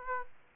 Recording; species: mosquito wingbeat signal from an infrared sensor; Aedes aegypti